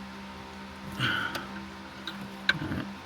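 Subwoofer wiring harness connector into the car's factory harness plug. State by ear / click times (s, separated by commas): not seated / none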